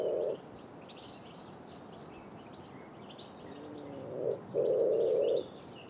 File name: pigeon ramier